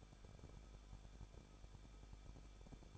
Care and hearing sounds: daily activity, microphone in the room; no activity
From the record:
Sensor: 5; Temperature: 20.9 degrees Celsius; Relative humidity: 38.2%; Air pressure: 1006.4 hPa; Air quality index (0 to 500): 187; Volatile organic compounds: 18 ppm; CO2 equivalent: 2636 ppm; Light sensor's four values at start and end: 2/3/1/1 and 2/3/1/1

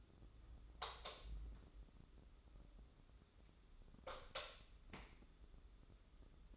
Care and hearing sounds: daily activity, microphone in the room; light off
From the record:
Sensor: 3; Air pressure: 995.3 hPa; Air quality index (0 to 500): 80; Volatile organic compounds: 6 ppm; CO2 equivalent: 1924 ppm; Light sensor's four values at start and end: 12/30/12/12 and 9/21/9/8

